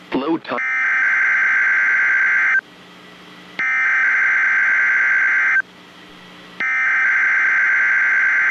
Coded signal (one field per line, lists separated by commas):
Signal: Emergency Alert System (SAME) tones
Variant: header bursts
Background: speech